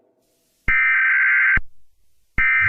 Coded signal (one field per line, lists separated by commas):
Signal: Emergency Alert System (SAME) tones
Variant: header bursts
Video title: EAS Scenario Halloween: Remastered (Clean)